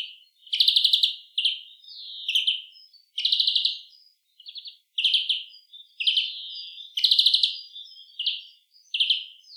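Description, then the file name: European greenfinch calling almost continuously, rapid chattering trills alternating with slurred falling chirps in a lively, uneven series. "Chloris chloris"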